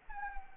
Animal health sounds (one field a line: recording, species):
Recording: mosquito wingbeat signal from an infrared sensor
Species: Anopheles arabiensis